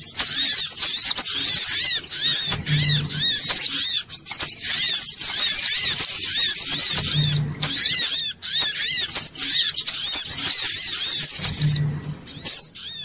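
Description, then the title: Little spiderhunter song: shrill, hurried twittering, very loud and almost unbroken, with arched lower notes repeating and periodic short low hums. Bird-training (masteran) song. "Masteran Burung Sogok Ontong Labaik"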